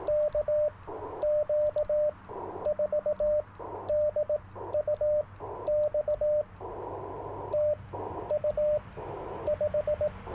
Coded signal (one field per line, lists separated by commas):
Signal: Morse code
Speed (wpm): 18 wpm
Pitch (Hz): 600 Hz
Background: radio noise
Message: KQ4DUX TU 5